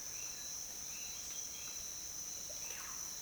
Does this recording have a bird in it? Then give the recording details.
no. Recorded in dense forest near Puerto Asís, Putumayo, Colombia, on 22 June 2025 at 07:00. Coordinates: 0.484, -76.325. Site H65